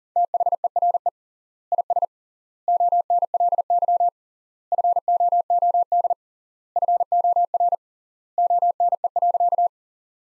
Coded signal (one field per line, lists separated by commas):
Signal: Morse code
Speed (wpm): 37 wpm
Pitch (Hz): 700 Hz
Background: none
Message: THERE IS ONLY FOOD FOR ONE.